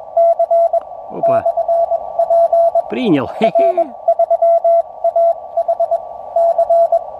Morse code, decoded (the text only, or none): C/P R3AHC